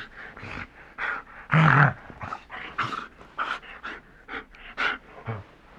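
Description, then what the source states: Dog giving a series of short, rough, breathy bursts, one louder near the middle. Large dog, growling and sneezing.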